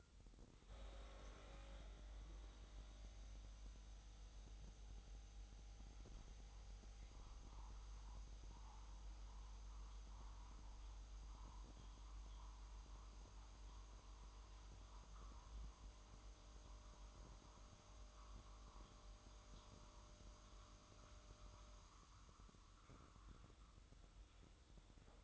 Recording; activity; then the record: daily activity, microphone in the room; make coffee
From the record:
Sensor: 3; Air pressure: 988.5 hPa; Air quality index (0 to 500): 192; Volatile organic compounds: 270 ppm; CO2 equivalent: 4412 ppm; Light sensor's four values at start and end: 23/73/31/26 and 23/73/30/26